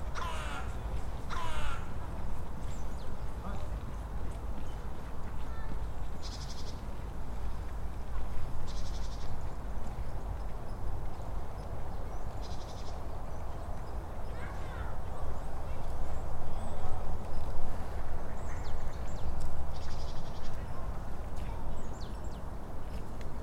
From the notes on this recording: Distant sound of the city traffic, ducks marching on the cracking ice, woodpecker, the early spring birds, children, sounds of trains passing close to the Brochow station.